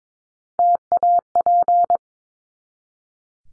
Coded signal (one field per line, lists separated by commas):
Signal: Morse code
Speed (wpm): 22 wpm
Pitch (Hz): 700 Hz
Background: none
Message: TAP